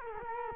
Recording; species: mosquito wingbeat signal from an infrared sensor; Culex quinquefasciatus